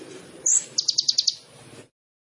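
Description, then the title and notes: Sunbird calls: one sharp high whistle followed by six quick, evenly spaced chirps. Indonesian masteran training recording of an actively singing (gacor) kolibri ninja, full of isian (song fill-ins) and tembakan (sharp burst phrases), intended as pancingan to stimulate other birds. "MASTERAN KOLIBRI NINJA TERBAIK FULL ISIAN DAN TEMBAKAN MEWAH COCOK BUAT PANCINGAN. Suara Burung Kolibri Ninja Gacor"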